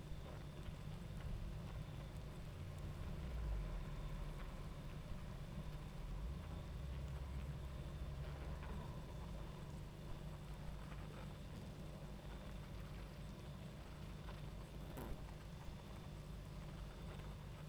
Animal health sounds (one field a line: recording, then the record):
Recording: honeybee colony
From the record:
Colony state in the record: active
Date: 28 July 2017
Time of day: 22:41